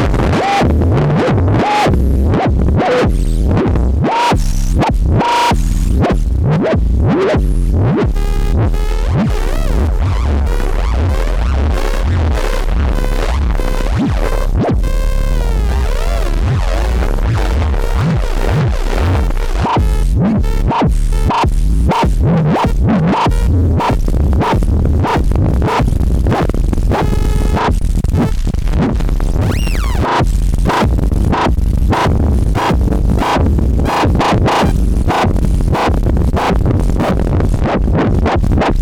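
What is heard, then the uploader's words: A dense, textured electronic noise piece built from rapid, pulsing bursts that stutter and throb throughout, with a heavy low rumble underneath. The loudness stays high and nearly constant, while brief tonal sweeps and ringing tones surface around the middle, near 15 and 27 seconds. This track aimed to go from a simple sine wave to textured soundscapes and rhythmic noise.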